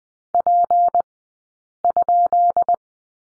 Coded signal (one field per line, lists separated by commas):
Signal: Morse code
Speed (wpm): 20 wpm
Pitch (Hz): 700 Hz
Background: none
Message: P?